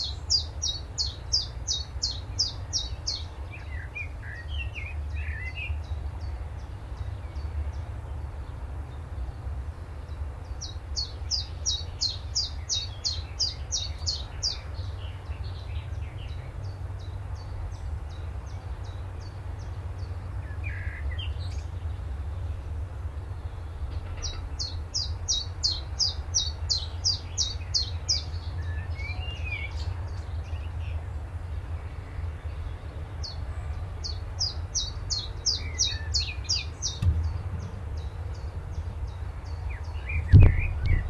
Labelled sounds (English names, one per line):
Willow Warbler